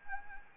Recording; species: mosquito wingbeat signal from an infrared sensor; Anopheles arabiensis